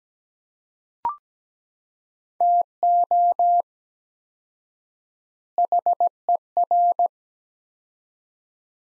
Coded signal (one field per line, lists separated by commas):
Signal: Morse code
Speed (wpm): 17 wpm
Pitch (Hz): 700 Hz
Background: none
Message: TO HER